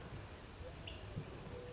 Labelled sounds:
California Towhee
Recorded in Sonoma County, California

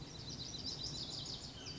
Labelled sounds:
Lazuli Bunting
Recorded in Sonoma County, California

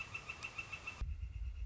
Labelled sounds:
Northern Flicker
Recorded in Sonoma County, California

